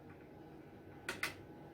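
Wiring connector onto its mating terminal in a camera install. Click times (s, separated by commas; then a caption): 1.1 s, 1.2 s. A wiring connector is pushed onto its mating terminal during a camera install, after it failed to snap on the last attempt. Two sharp, loud clicks sound at 1.1 s and 1.2 s over a low, steady background, and the connector snaps in and seats.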